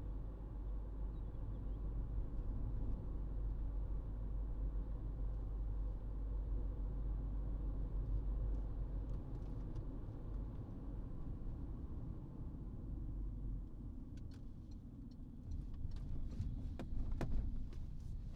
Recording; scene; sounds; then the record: everyday scene through a hearing-aid microphone; in a vehicle; engine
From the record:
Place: Berlingo II, diesel engine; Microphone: in the ear canal, right